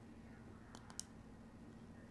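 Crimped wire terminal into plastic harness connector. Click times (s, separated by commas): 1.0 s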